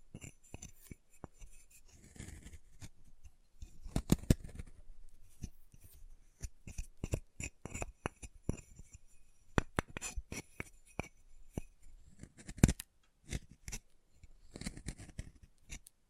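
Chalk being carved and cut in a string of sharp clicks and snips, with softer scraping passes around four and fifteen seconds.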